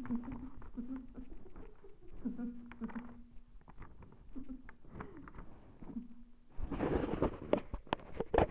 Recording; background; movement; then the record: laughter; quiet; sitting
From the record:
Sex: female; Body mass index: 36.4 kg/m2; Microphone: on the chest, facing the body